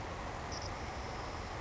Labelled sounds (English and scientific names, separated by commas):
Savannah Sparrow (Passerculus sandwichensis)